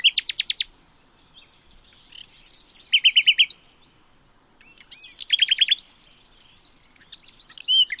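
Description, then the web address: Bird song, several short rapid trills of high notes repeated in bursts with pauses between, mixed with occasional sharp chirps. "Bird Only"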